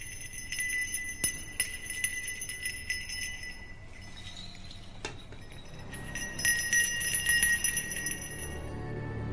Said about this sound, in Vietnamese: Còn ma lai chỉ có dãy rủa theo tiếng chuông đang vang lên.